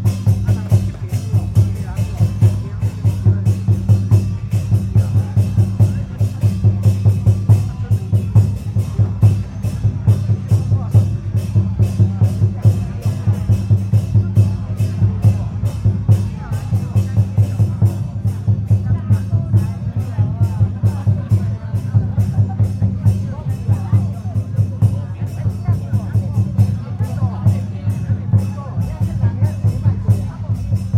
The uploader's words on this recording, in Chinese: 北安府癸卯年謁祖晉香回鑾–聲音現場。台北市樹德公園–大龍街87巷巷口與巷內。上午。